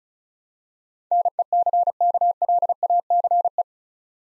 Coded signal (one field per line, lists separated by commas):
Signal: Morse code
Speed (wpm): 36 wpm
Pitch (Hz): 700 Hz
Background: none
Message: NECKLACE